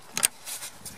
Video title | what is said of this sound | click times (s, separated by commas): VW T5 Transporter Service 1.9L BRR engine 2008 - Part 2 - Fuel (Diesel) Filter | Hear the click there. | 0.2 s